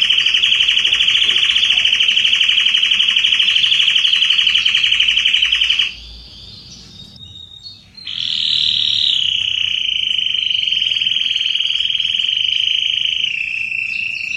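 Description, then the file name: Canary song: a long, rapid rolling trill held steady at a high pitch, a short quiet break with faint notes, then another extended fast trill that gently drops in pitch. Red Belgian canary singing. "canto do canario belga vermelho"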